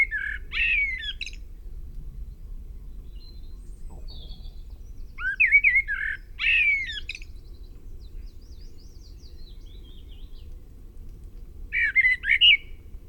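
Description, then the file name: Common blackbird singing four separate phrases, each a mellow fluted warble that breaks into a high squeaky flourish, with quiet pauses and faint thin notes between them. "Turdus merula"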